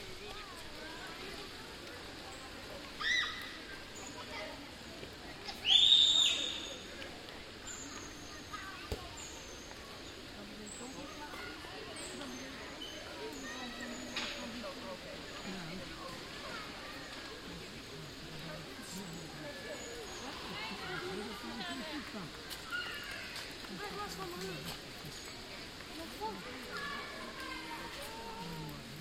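Children's voices carry across an open square, mostly a steady murmur of chatter and play. Around the six-second mark a loud, bright shout or squeal rises above the rest, with a smaller call just before it. A low, constant city hum sits underneath.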